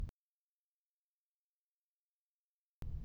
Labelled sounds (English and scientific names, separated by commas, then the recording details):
House Finch (Haemorhous mexicanus) song
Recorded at Hewlett Harbor on Long Island, New York, on 10 June 1975
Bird E